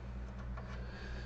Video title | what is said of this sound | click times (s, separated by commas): Using The Xiegu X5105 Transceiver With XPA125B Amplifier / Tuner: How To Set Up and Use | and it snaps in place | 0.6 s